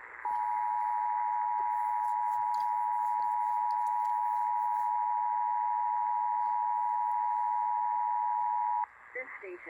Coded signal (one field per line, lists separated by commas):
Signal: Emergency Alert System (SAME) tones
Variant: 853 and 960 Hz attention tone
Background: speech